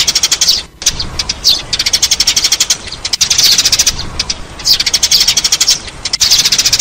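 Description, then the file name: Sparrow chirping, rapid high chirps in short dense bursts separated by brief pauses, with a steady chattering quality throughout. "Tieng se"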